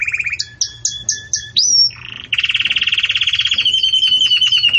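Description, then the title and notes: Belgian canary singing quick repeated chirps, a rising whistle, then a fast rolling trill pulsing steadily to the end. Belgian canary in the 'campainha' (bell) song style, meant for training chicks. "Canto Do Canário Belga Campainha Para Encarte De Filhotes. CANARIO"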